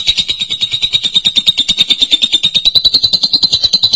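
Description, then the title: Lovebird song, a fast rattling series of high squeaky notes with no pause. "BM Suara Burung Lovebird"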